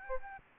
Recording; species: mosquito wingbeat signal from an infrared sensor; Aedes albopictus